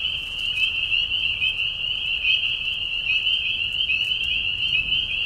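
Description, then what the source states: Spring peepers calling in a dense chorus, high shrill peeps blending into a steady ringing band with no gaps. Chorus of peepers in a marsh at night, mating call during a very short spring season; high whistles at low volume; Tiny Marsh Conservation Area, Tiny, Ontario.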